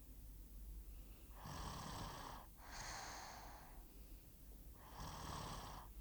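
Rhythmic snoring from a sleeping 5-year-old child, with repeated noisy, fluttering breaths about every two seconds.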